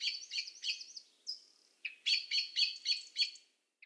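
Common blackbird calls: clear, high chattering notes in quick bursts, a short run, a pause, then a louder rapid series of ringing chinks before fading.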